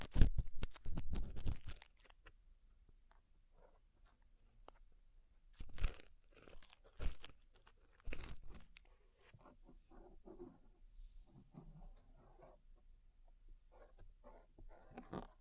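Deep ear cleaning sounds made of dense crackling and scraping bursts that open the first two seconds, then a near-silent gap. Short rustling scrapes return around six, seven and eight seconds, followed by softer, scattered crinkling and tapping until the end.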